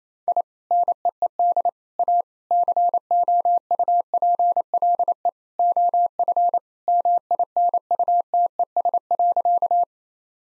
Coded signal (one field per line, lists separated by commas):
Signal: Morse code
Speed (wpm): 28 wpm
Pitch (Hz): 700 Hz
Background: none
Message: I NEED A COUPLE OF MINUTES.